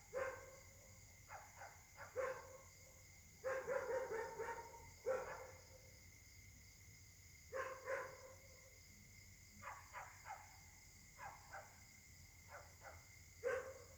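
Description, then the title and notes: Dogs barking in scattered barks and short bursts with gaps of quiet, a thin steady high hum throughout. Several dogs barking at night in Caltex, 3 Mares, Réunion; recorded on a Samsung Galaxy S8 smartphone with a partly clogged left microphone. "Caltex, 3 mares, Réunion - h08. La nuit s'annonce difficile pour les habitants: concert de chiens"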